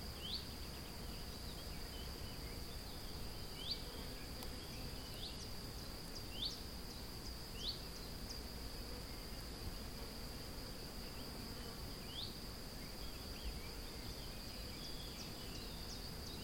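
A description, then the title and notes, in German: A meadow with a steady high insect drone throughout, short rising chirps repeating every second or two early and again near twelve seconds, over a low rumble. Hatte 30 Minuten Zeit und wollte eine Wiese aufnehmen.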